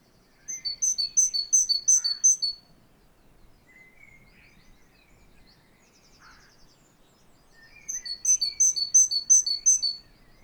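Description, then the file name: Great tit song in two runs of ringing two-note phrases, separated by a quiet stretch with faint chirps and a brief soft trill from other birds. "Parus major"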